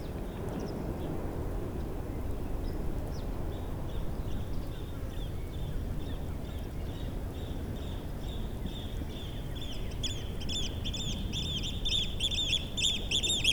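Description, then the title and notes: Eurasian oystercatcher giving rapid, repeated high piping notes, faint at first and louder near the end, over steady low wind rumble. Flying bird passing in front of the recorders at Nexø, Denmark; low mud sound and some wind noise on the microphones; recorded with a Sony PCM-D100 on internal mics. "Hovedgade 1L, 3730 Nexø, Denmark - Flying oystercatcher. Flying oystercatcher, passing in front of recorders. Low mud sound. Some wind noise on the mics. Passage d’huîtrier pie. Faible bruit de vase. On peut entendre le vent sur les microphones"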